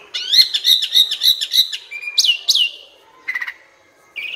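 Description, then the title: Asian pied starling song: fast run of buzzy chattering notes, then two upward-swept whistles, a short harsh burst and a final note. Training recording (masteran) for birds that sing too little and are sluggish. "Masteran Jalak Suren AMPUH Dan EFEKTIF Atasi Burung KURANG GACOR Dan LOYO"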